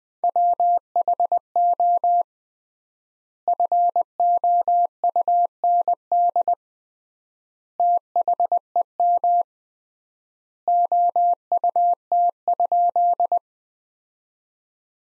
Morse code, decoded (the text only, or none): WHO FOUND THEM OUT?